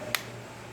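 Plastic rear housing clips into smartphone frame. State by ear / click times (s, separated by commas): seated / 0.1 s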